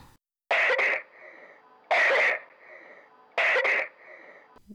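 An adult's wet cough: three loose, rattling coughs about 1.5 seconds apart, each a sharp burst followed by a softer tail. This is the kind of wet cough associated with bronchiectasis.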